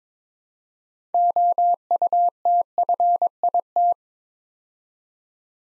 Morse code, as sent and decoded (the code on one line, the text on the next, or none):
--- ..- - ..-. .. -
OUTFIT